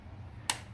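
On a 2013 Chevrolet Impala, the blue locking tab on the cam sensor connector is pushed back in. Against a quiet low hum, one short, sharp snap is heard at 0.5 s as the tab locks into place, and the connector is seated.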